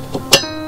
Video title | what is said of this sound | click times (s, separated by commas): Starlink Unboxing 📡 - Philippines - TORINO | that just snaps right into place. | 0.3 s